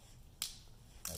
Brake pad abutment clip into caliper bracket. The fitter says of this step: hear it click down